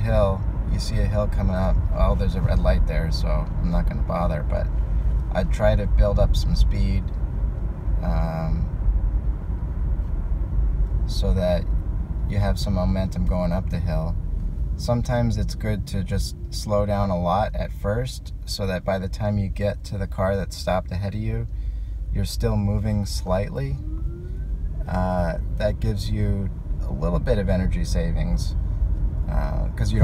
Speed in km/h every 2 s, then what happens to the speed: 47, 44, 42, 39, 37, 32, 24, 16, 8, 5, 5, 11, 19, 26, 31.
0-17 slows to 5. 20-30 speeds up to 31.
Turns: none.